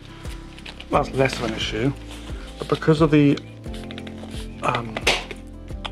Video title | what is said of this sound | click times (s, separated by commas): Lenscoat Camoflague Lens Cover for Canon RF 100-500mm. Wildlife Photography Camo Gear Review | in fact that's just snapped off did you hear that it's not broken but it might have done | 5.9 s